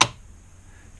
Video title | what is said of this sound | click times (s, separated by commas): ARE YOUR FRONT DOORS SAFE? Deadlatch Demonstration | that's the dead latch plunger engaging into the strike plate and that means that your lock is bypassable | 0.0 s